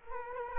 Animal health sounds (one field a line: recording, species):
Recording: mosquito wingbeat signal from an infrared sensor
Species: Culex quinquefasciatus